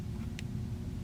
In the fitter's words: once again hand here is going to do nothing this hand we're just going to go until it clicks